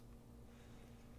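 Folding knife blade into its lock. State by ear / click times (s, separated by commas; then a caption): not seated / none. A Cold Steel SR1 Lite folding knife is handled as its blade is swung toward the open position, where the lock will engage it. Only a steady low hum and faint handling noise are heard, with no sharp sounds. Nothing has seated or clicked yet.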